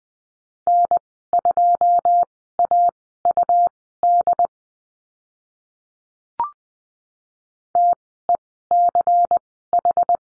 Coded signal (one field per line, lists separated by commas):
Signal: Morse code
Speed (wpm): 20 wpm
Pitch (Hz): 700 Hz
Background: none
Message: N2AUD TECH